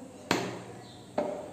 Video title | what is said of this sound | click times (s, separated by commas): -- Best Quality vegetable chopper in affordable price, 2 in 1, Unbreakable with anti-skid grip -- | ऐसे lock हो जाता है and then यहाँ | 0.3 s, 1.2 s